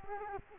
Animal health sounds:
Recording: mosquito wingbeat signal from an infrared sensor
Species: Culex quinquefasciatus

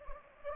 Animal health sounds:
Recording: mosquito wingbeat signal from an infrared sensor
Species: Anopheles gambiae

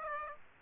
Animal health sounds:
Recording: mosquito wingbeat signal from an infrared sensor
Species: Aedes aegypti

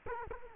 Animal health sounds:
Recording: mosquito wingbeat signal from an infrared sensor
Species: Culex quinquefasciatus

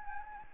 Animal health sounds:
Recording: mosquito wingbeat signal from an infrared sensor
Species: Anopheles arabiensis

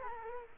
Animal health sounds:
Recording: mosquito wingbeat signal from an infrared sensor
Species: Culex quinquefasciatus

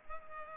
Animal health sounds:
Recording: mosquito wingbeat signal from an infrared sensor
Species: Culex pipiens

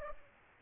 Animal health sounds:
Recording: mosquito wingbeat signal from an infrared sensor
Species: Aedes aegypti

